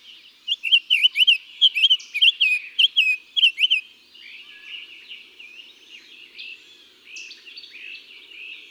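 Summer tanager singing a run of burry, rising and falling whistled notes, then softer bird sounds.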